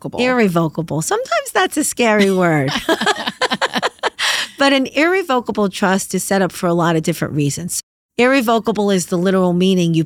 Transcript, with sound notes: Irrevocable. Sometimes that's a scary word. [LAUGHTER] But an irrevocable trust is set up for a lot of different reasons. Irrevocable is the literal meaning.